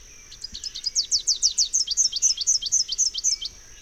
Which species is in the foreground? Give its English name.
Rufous-capped Warbler